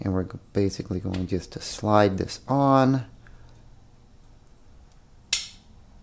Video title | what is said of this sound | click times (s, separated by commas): Garrison Grip - Magazine extension for the Ruger LCP .380 | and that little click indicates that the tab has popped into the hole down there | 5.3 s